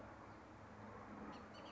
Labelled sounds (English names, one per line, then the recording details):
Bullock's Oriole
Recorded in Sonoma County, California